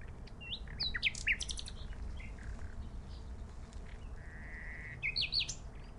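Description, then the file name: Common nightingale song: loud clipped notes and chirps, a quiet spell, then a smooth sustained whistle and a final cluster of sharp notes, over rumbling background. "Luscinia megarhynchos"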